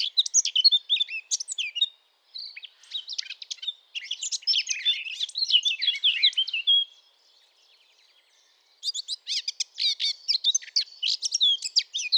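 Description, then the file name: Eurasian blackcap song: dense, rapid warbling of varied notes, broken by short pauses, then resuming just as fast. "Sylvia atricapilla"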